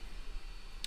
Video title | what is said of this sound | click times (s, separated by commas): 3d Print of the Week - Air Race plane kit card (MXS-R Breitling) | see heard that pop | 0.8 s